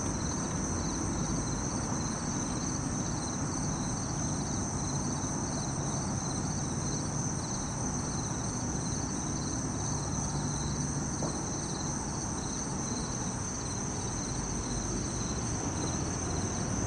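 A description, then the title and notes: Crickets and cicadas sing without pause, a high steady shrill with a fast pulsing trill layered just below it. Underneath runs a constant low rush of passing traffic, filling the bottom evenly for the whole seventeen seconds. Late Summer in the city park.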